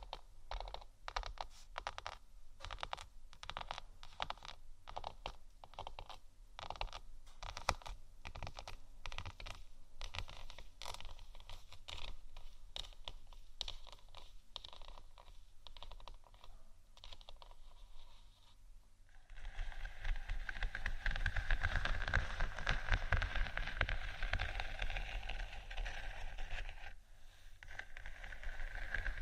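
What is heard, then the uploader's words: Faux leather scratching in quick, dense strokes, shifting near twenty seconds to a louder, steadier rubbing, with a low hum underneath. ASMR Gentle Faux Leather Scratching & Tapping（No Talking）.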